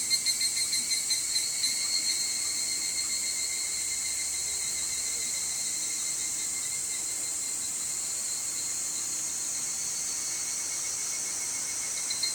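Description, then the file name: Evening cicada calling, a high pulsing buzz at the start that settles into a steady, unbroken shrill drone lasting throughout. "higurashi"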